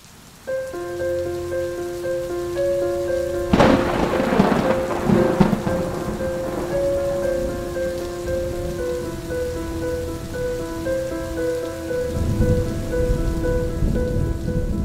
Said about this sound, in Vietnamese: Tiếng sấm vang rền trời, từng ánh chớp như tia lửa điện xẹt ngang, vẽ những đường chằng chịt. Trong màn tối, bóng căn biệt phủ rộng lớn nhà họ Lê hiện lên sừng sững, đầy u ám. Có một tia sét đánh trúng vào sân sau của tòa biệt phủ.